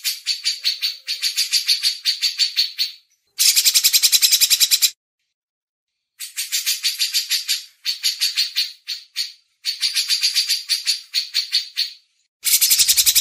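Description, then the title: Grey-cheeked bulbul song: repeated phrases of brisk, grating chatter, each lasting a few seconds and separated by silences. Masteran training audio. "MASTERAN CUCAK JENGGOT"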